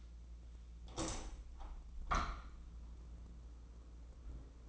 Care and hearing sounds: daily activity, microphone in the room; open window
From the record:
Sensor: 1

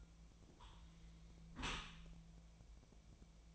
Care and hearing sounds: daily activity, microphone in the room; close dishwasher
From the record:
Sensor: 1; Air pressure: 1000.6 hPa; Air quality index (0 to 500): 182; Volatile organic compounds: 4 ppm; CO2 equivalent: 1680 ppm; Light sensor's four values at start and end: 11/27/11/13 and 11/27/11/13

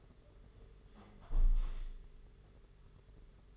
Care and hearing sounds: daily activity, microphone in the room; close window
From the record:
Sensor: 4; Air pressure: 992.1 hPa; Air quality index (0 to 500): 93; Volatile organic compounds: 9 ppm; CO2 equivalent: 2172 ppm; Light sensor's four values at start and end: 22/77/28/30 and 22/76/28/29

